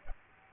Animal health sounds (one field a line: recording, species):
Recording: mosquito wingbeat signal from an infrared sensor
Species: Aedes aegypti